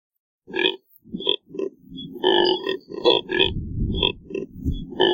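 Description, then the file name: Neotropic cormorant giving deep, rough grunts in quick irregular bursts, some drawn out and overlapping. "canto do bigua"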